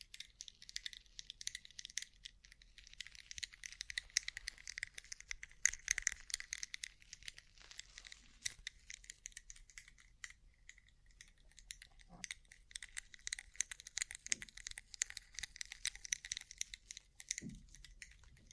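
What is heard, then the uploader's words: Rhinestone-covered surface tapped continuously with fingernails, producing dense, rapid, bright clicks that rattle and sparkle without pause. The tapping stays fairly even throughout, with a few slightly softer thuds near 12, 14 and 17 seconds. ASMR Rhinestone Covered Tapping 3Dio (No Talking).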